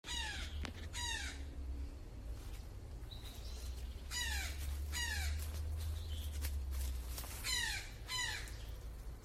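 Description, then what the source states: Brown jay giving loud harsh downslurred calls in paired bursts every three to four seconds, over a steady low rumbling hum. Recorded at Pichucalco, Chiapas, Mexico.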